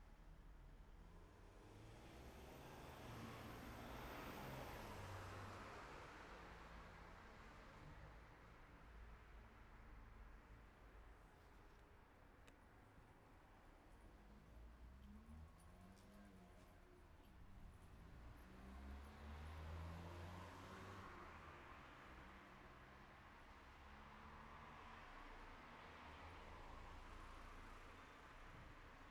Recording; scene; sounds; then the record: everyday scene through a hearing-aid microphone; in traffic; traffic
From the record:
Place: city secondary road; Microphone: behind the ear, right, front